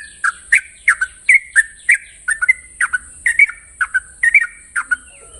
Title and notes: Masteran Trucukan Ropel Panjang. Kicau Burung Trucukan